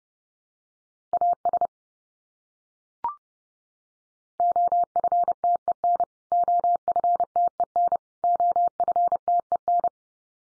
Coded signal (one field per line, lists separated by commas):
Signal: Morse code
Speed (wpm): 30 wpm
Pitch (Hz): 700 Hz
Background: none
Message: AS OFTEN OFTEN OFTEN